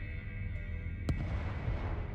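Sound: fireworks exploding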